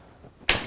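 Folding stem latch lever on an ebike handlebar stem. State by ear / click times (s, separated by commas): released / 0.5 s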